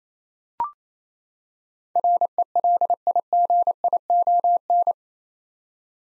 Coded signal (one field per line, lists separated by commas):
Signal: Morse code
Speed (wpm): 28 wpm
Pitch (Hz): 700 Hz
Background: none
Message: RELIGION